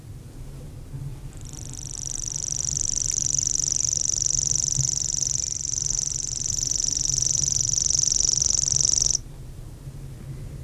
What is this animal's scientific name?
Locustella naevia